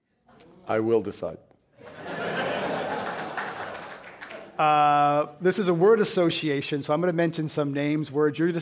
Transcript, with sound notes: I will decide.
[Laughter]
This is a word association. So I’m going to mention some names